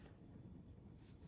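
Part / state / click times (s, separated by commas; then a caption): plastic safety eye backing washer onto the eye post through crocheted fabric / not seated / none. A plastic safety-eye backing washer is handled on the ridged post of a safety eye from inside a crocheted amigurumi piece, ready to be pushed on flush. Only low, steady rumbling handling noise is heard, with no distinct clicks. Nothing has seated or clicked yet.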